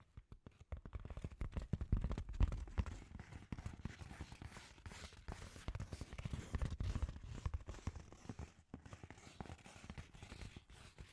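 Scratchy tapping runs almost nonstop after a near-silent first second, a dense, irregular patter of quick knocks and rough scrapes. It is heaviest in the low end, with louder bursts around two and seven seconds and brief pauses near eight and a half seconds.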